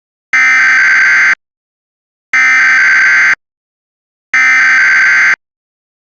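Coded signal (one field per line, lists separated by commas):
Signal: Emergency Alert System (SAME) tones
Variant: header bursts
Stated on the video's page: Mock alert, not real.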